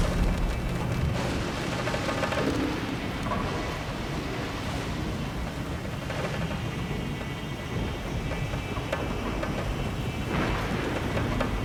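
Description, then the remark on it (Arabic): A steady roar of heavy rain and strong wind from a storm at sea, with a ship caught in it, fills the whole stretch, with low rumbling swells of thunder rising and fading beneath the constant downpour. No voices. “العاصفة يا مولاي دفعت 20 سفينة إلى المرسى”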